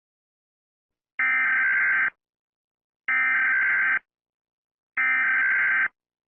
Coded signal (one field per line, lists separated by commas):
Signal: Emergency Alert System (SAME) tones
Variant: header bursts